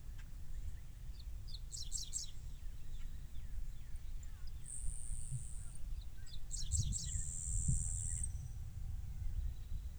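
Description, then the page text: Dickcissel song phrases of rapid chipping notes given twice, with faint other bird calls, two long high whining tones and a heavy low rumble throughout. Recorded in Maryland. "Maryland Biodiversity. Dickcissel ( Spiza americana )"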